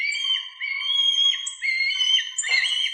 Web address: Milvus migrans